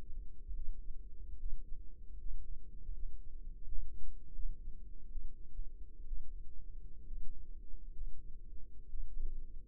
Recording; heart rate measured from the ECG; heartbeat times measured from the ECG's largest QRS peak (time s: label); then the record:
heart sounds by microphone in the left ear; 72 bpm
0.55 s: heartbeat
1.39 s: heartbeat
2.20 s: heartbeat
2.94 s: heartbeat
3.64 s: heartbeat
4.35 s: heartbeat
5.11 s: heartbeat
6.07 s: heartbeat
7.07 s: heartbeat
7.92 s: heartbeat
8.89 s: heartbeat
From the record:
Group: healthy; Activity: rest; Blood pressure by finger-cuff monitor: 99/57 mmHg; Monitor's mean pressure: 71 mmHg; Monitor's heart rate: 69 bpm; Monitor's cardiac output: 6.3 L/min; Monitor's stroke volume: 86 mL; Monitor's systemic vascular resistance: 810 dyn s/cm5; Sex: female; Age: 28 years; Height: 170 cm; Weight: 77 kg